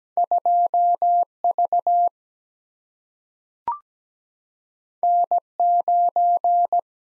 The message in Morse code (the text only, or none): 2 V N 9